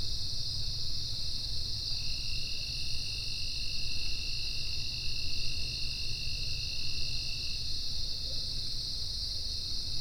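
Insects in a steady, high continuous trill, with a second lower whining tone from about two to seven and a half seconds, over a low rumble.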